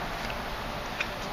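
A Smith & Wesson Model 990 neck knife is pulled apart from its composite sheath, releasing the retention lock. Over a low steady background, a short sharp click sounds at 1.0 s as the knife comes free of the sheath lock.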